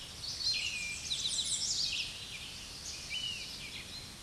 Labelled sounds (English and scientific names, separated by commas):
American Redstart (Setophaga ruticilla) song